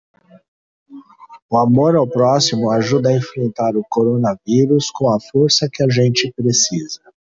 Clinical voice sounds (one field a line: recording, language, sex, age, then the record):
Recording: spoken sentence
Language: Brazilian Portuguese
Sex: male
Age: 50 to 59 years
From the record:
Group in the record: control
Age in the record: 58 years